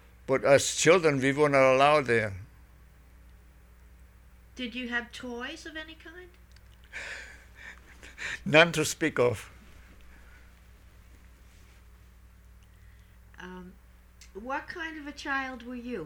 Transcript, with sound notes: but as children we weren't allowed there.
Did you have toys of any kind?
( he laughs ) None to speak of.
What kind of a child were you?